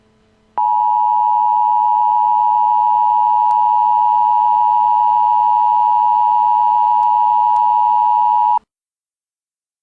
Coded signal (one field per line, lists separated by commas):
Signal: Emergency Alert System (SAME) tones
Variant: 853 and 960 Hz attention tone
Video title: EAS - Night of the Twisters